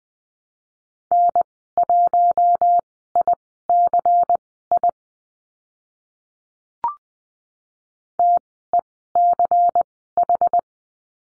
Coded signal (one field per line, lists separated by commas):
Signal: Morse code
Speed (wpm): 20 wpm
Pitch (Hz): 700 Hz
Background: none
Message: N1ICI TECH